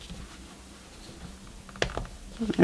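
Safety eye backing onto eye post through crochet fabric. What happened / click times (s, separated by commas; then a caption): The plastic backing snapped onto the post / 1.8 s. A plastic washer backing is pushed onto the post of a safety eye through a crocheted amigurumi ghost. After quiet handling, a sharp snap at 1.8 s marks the backing seating on the post, followed by a few softer handling noises toward the end.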